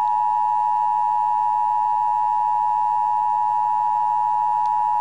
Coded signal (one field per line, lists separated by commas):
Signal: Emergency Alert System (SAME) tones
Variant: 853 and 960 Hz attention tone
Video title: The Evolution of the Emergency Broadcast System (E.B.S.)